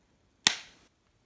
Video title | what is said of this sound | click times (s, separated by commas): Bubbles & Fizz Pinwheels | pushing this piece in and then you're gonna hear a snapping sound I will shut up okay hear | 0.5 s